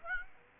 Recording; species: mosquito wingbeat signal from an infrared sensor; Aedes aegypti